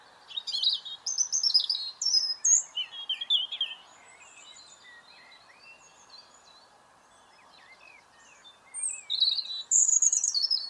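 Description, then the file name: European robin song: tumbling high warbles for a few seconds, a quiet pause with faint twitters, then another bright, thin phrase. "Erithacus rubecula"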